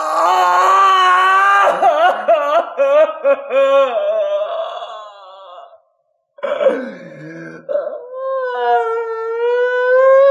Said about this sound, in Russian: Крик его бешеный, страстный и дикий, крик, простреленный на вылет волчицей, вылетел на середину площади, метнулся под мост и, отталкиваемый отовсюду звуками просыпающегося большого города, стал глохнуть и в минуту затих.